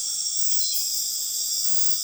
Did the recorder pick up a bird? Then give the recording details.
no. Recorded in dense forest near Puerto Asís, Putumayo, Colombia, on 20 February 2024 at 01:30. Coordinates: 0.502, -76.326. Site G6460